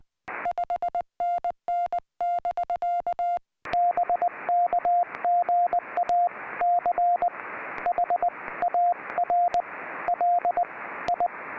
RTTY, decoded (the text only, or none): none